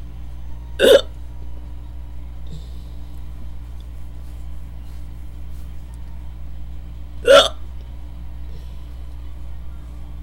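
Two abrupt, sharp hiccups from an adult, about six seconds apart, over a steady background hum; the hiccups are deliberately induced.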